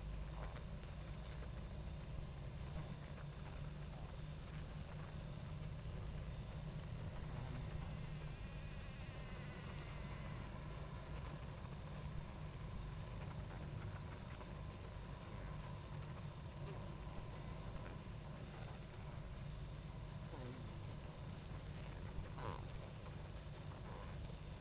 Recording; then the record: honeybee colony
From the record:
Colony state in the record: active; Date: 28 July 2017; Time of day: 20:17